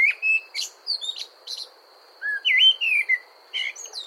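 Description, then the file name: Common blackbird with scattered high squeaky notes, then a mellow looping warble of slurred whistles and further high twitters; a constant thin whine underneath. "Turdus merula"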